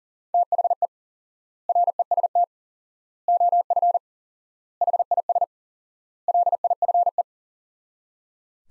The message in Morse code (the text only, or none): THE REST OF HIS LIFE